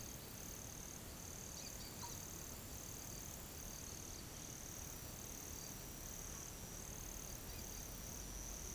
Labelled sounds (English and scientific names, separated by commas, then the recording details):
none
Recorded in pastures near Puerto Asís, Putumayo, Colombia, on 8 March 2025 at 10:30
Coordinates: 0.486, -76.323
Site G075